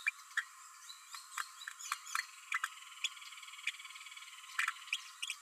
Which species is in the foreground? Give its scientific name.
Forpus passerinus